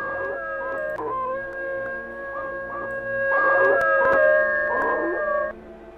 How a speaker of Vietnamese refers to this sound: Phía xa xa, chó nhà hàng xóm chu lên liên hồi như là chó sói vậy.